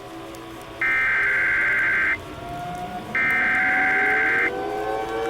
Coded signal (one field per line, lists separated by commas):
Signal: Emergency Alert System (SAME) tones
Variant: header bursts